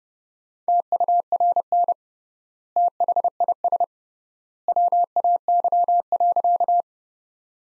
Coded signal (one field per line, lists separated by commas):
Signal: Morse code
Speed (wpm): 32 wpm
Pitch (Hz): 700 Hz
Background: none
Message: TURN THIS WAY.